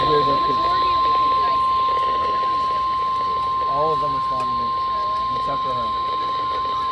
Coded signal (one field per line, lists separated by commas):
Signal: Emergency Alert System (SAME) tones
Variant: 1050 Hz attention tone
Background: speech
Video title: EAS Alerts 8057-8068 At Camp From 07/16/25